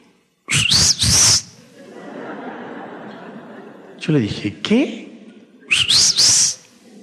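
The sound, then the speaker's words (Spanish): A husband whistles a short, shrill, rising signal call to his wife on entering the bedroom, then a voice speaks briefly and the same whistled call repeats, with a low murmur of laughter underneath. “Le abro la puerta y le pregunto, ¿chiflaste?”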